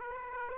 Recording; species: mosquito wingbeat signal from an infrared sensor; Aedes aegypti